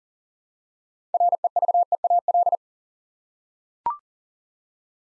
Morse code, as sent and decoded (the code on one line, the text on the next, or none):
.-. . ...- . .- .-..
REVEAL